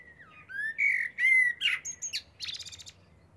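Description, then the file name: Common blackbird fluted song phrase, a dipping whistle and warbled notes, then a fast high chattering twitter. "Turdus merula"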